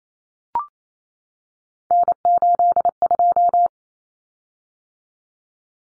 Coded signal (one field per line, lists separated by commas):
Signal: Morse code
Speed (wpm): 28 wpm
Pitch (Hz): 700 Hz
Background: none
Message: N82